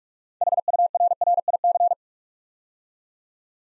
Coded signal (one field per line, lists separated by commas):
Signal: Morse code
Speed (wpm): 44 wpm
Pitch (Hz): 700 Hz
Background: none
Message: HURRIC